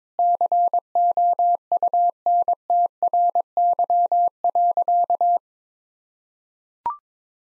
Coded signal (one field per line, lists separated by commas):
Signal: Morse code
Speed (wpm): 22 wpm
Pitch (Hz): 700 Hz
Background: none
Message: COUNTRY.